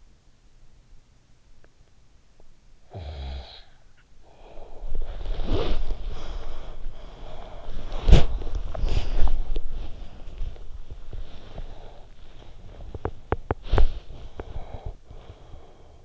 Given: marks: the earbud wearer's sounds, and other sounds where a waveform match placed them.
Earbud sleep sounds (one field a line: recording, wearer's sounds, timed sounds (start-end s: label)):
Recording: sounds in sleep by an in-ear microphone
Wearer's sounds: snoring breath, body movement, breath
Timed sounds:
2.62-4.93 s: snoring breath
4.65-15.76 s: body movement
4.93-8.79 s: breath
10.85-13.34 s: breath
14.05-16.05 s: breath